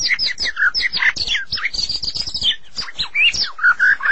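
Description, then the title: White-rumped shama song, a dense, fast run of varied chirps, slurred whistles and short trills, notes tumbling over each other with hardly a pause. "Suara Burung Murai"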